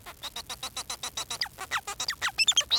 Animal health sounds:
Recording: song of a male Bengalese finch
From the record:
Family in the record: son of father 4

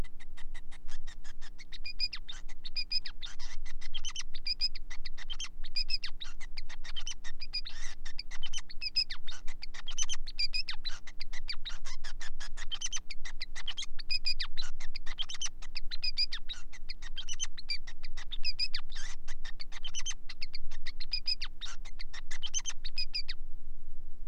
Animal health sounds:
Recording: song of a male Bengalese finch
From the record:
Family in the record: son of father 5

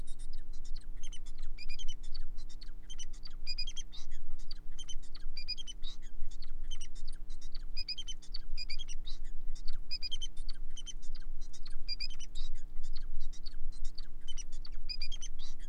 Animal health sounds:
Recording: song of a male Bengalese finch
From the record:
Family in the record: son of father 4

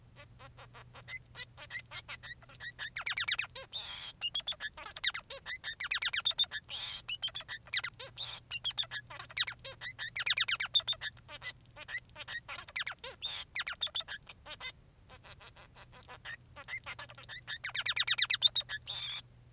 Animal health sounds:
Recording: song of a male Bengalese finch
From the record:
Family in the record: son of father 3

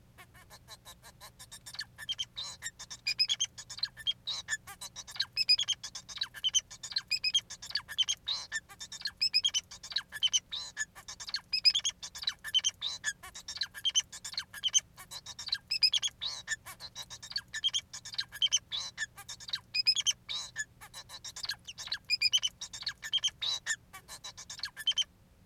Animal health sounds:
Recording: song of a male Bengalese finch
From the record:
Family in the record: son of father 4

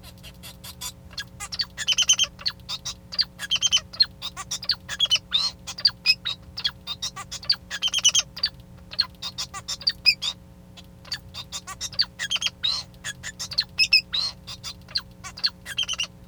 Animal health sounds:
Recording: song of a male Bengalese finch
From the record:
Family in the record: son of father 2

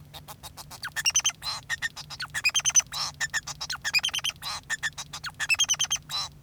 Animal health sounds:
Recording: song of a male Bengalese finch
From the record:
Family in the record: son of father 2

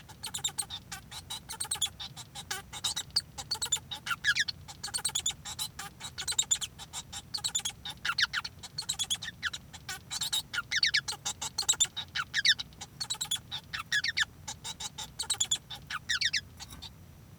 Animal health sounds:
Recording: song of a male Bengalese finch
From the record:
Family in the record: son of father 1

